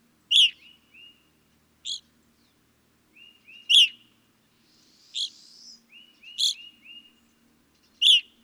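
Evening grosbeak calls: loud, short, piercing chirps with strong harmonics, given singly every one to two seconds, with softer, lower notes between them.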